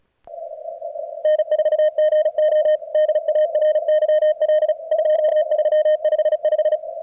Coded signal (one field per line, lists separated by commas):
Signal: Morse code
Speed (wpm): 37 wpm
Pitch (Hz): 620 Hz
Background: radio noise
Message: N4GO DARYL 2355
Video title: cwops cwt 0300 session 130-111